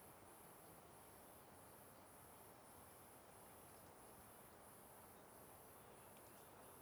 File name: Ambiencia Inicio Trilha Simao Correa Beirando o Rio com Grilos e Cigarras